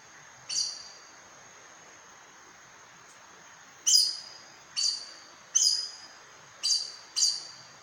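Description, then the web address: Aracari call: one sharp high squeak, a three-second pause, then five more quick squeaky notes in close succession. "sound Aracari. دانلود-صدای-پرنده-پرزبان"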